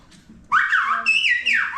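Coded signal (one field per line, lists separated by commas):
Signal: whistled language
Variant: Silbo Gomero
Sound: a loud whistle sliding up and down in pitch, in several connected glides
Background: quiet room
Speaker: A bottle of mineral water.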